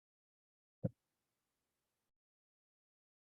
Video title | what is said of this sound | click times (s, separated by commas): Locksmiths United May | there it goes click | 0.9 s